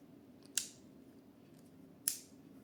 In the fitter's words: and you get that click sound it means that it's stury now it's not going anywhere